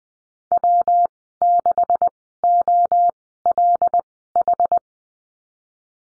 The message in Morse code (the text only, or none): W6OLH